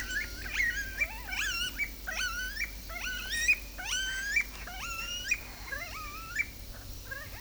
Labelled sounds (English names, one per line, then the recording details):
Smooth-billed Ani
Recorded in secondary vegetation near Puerto Asís, Putumayo, Colombia, on 19 February 2024 at 10:30
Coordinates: 0.500, -76.326
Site G6428